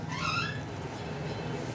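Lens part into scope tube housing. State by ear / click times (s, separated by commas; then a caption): not seated / none. A lens part is being worked into its scope tube housing during a rifle scope repair. The clip has steady low rumble and handling noise, and a rising, cat-like meow sound appears near the start. Nothing has seated or clicked yet by the end of the clip.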